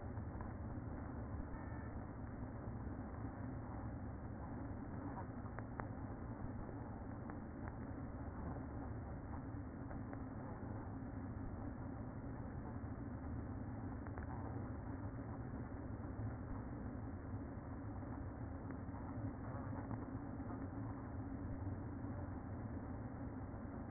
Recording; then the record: honeybee colony, microphone inside the hive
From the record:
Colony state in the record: queen present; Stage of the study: after two queens were removed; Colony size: about 60,000 bees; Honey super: yes